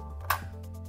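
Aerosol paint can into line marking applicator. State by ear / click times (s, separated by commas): seated / 0.3 s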